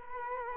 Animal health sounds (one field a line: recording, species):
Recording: mosquito wingbeat signal from an infrared sensor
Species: Culex quinquefasciatus